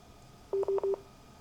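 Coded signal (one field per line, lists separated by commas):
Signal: beep code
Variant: Yaesu transceiver error beep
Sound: three quick low-pitched beeps in a row, each about a tenth of a second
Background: quiet room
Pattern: 3 short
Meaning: The radio refuses to transmit the APRS message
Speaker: Interesting. If I hit back again, that's going to take me all the way back out. All right, I'm not sure exactly what we did wrong there.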